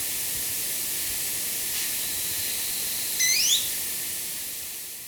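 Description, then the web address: Jet manakin call: a single sharp, upward-sweeping whistled note with a second rising trace, heard once over a steady background hiss. Recorded in Ecuador. "Birds of Ecuador. Jet Manakin"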